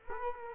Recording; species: mosquito wingbeat signal from an infrared sensor; Culex quinquefasciatus